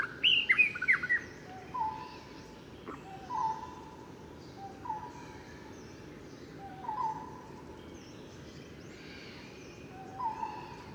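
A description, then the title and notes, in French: Birds call at an old stone temple: a bright, quick run of whistled notes opens the first second, followed by a steady, hollow, repeated hoot near 1 kHz about every two seconds. Softer chirps flicker high above, over a constant low rumble of background noise. Observation sonore - Shama et barbus. Temple d'Angkor - Temple de Bayon - 10h30. Autour des temples sur une surface de 500 à 600 hectares la nature est préservée pour l'esthétique des temples.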